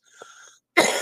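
An adult coughs; the cough is a lingering one that is still present.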